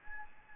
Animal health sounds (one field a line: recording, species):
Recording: mosquito wingbeat signal from an infrared sensor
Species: Anopheles gambiae